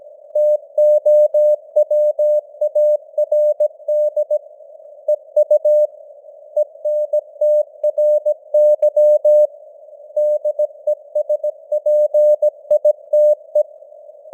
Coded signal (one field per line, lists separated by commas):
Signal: Morse code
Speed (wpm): 17 wpm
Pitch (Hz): 600 Hz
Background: none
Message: TOWARD EU ENTRY DESPITE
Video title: Morse Code News | 2025-10-07 | 17wpm